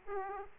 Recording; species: mosquito wingbeat signal from an infrared sensor; Aedes aegypti